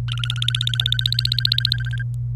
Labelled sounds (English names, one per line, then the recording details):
Domestic Canary song
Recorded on 27 April 2018 at 09:09
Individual llb3